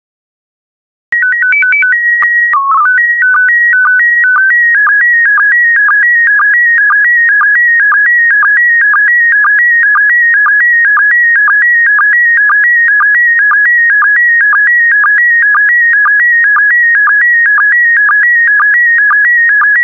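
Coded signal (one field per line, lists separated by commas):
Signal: SSTV (slow-scan television)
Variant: PD120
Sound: short warbling header tone, then a steady rhythmic buzzing warble with twice-per-second clicks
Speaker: complete. You can now check your decoded image against the picture that is shown on the video.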